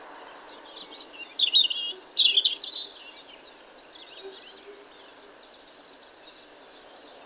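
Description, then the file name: European robin singing one short run of high, liquid, jumbled notes lasting about two seconds, followed by near silence and a faint thin note at the end. "Erithacus rubecula"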